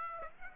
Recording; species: mosquito wingbeat signal from an infrared sensor; Aedes aegypti